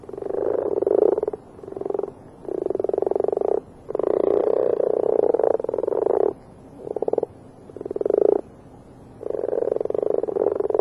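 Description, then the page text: Marsh frog calls: a run of rapid, harsh pulsed croaks in bursts of varying length, coming almost continuously with brief gaps, like a chuckling rattle. Marsh frog in the UK. "Marsh Frog From British Library - wildlife sounds"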